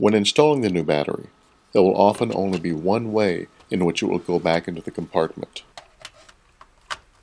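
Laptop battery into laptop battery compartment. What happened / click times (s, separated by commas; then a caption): The battery did not lock into its bay / none. Someone talks, then a Dell laptop battery is tried in the wrong way round in the laptop's battery compartment, giving only small plastic ticks around 6.0 to 6.9 seconds. It does not lock, and nothing has seated or clicked yet.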